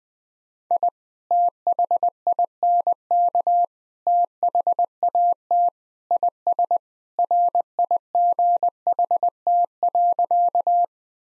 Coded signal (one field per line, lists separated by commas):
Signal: Morse code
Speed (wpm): 19 wpm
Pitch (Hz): 700 Hz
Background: none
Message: I THINK THAT IS RIGHT.